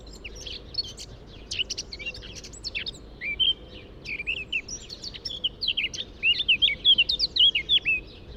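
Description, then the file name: Eurasian blackcap song starting as quiet, scratchy twittering and swelling into louder, clear whistled and warbled phrases toward the end. "Sylvia atricapilla"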